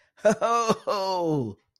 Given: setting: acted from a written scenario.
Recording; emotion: vocal sound without words; triumph